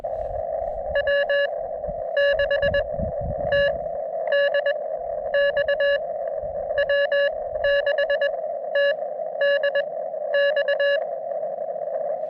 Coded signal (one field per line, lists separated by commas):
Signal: Morse code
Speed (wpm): 22 wpm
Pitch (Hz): 1700 Hz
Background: none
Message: W6TDX W6TDX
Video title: Just an old SOTA Dog listening to morse code